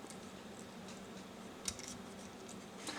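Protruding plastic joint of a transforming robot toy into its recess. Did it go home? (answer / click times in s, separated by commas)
yes / 1.7 s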